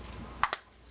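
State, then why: Seated. The side plate of a Penn Slammer 5600 Live Liner spinning fishing reel is pressed onto the reel body over the bearing until it snaps into place. A sharp snap is heard at 0.4 s, followed by a softer second click at 0.5 s, and the reel is now closed.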